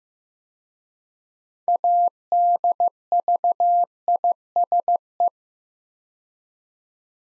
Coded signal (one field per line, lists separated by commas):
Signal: Morse code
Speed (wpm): 15 wpm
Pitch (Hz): 700 Hz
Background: none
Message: ADVISE